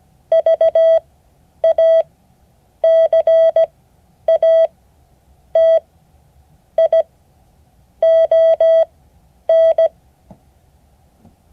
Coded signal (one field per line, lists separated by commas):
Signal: Morse code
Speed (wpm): 17 wpm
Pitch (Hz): 650 Hz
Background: none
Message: VACATION